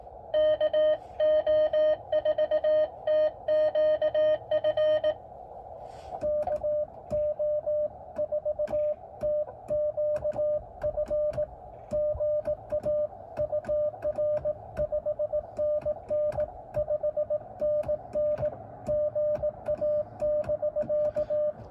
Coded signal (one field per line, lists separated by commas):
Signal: Morse code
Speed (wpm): 18 wpm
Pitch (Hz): 600 Hz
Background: music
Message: KO4TQF KO4TQF GA UR 5NN 5NN GA <BK>